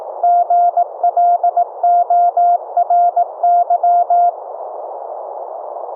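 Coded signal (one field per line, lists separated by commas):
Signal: Morse code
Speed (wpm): 19 wpm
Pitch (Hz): 700 Hz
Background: none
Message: GLORY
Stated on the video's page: Live CW audio tones sent from a software keyboard over FRS radios, heard from a second FRS receiver through a software bandpass filter.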